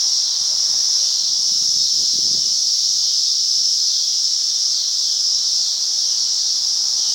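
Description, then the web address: Cicadas singing in a steady, unbroken high-pitched buzzing drone that holds level throughout, with a few faint low rustles early on. "cicadas. rickyb"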